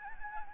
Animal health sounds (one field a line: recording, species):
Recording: mosquito wingbeat signal from an infrared sensor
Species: Anopheles gambiae